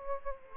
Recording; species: mosquito wingbeat signal from an infrared sensor; Culex quinquefasciatus